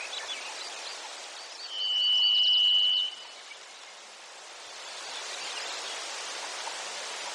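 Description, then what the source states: Varied thrush song: one long, even, ringing whistle held for about a second and a half, then cut off, against a steady hiss of rushing background noise. Recorded in Denali, Alaska, on 7 June 2014.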